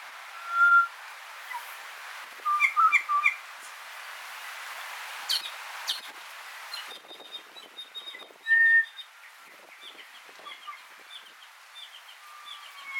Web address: sound kōkako